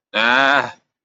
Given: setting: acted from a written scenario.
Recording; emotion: vocal sound without words; disappointment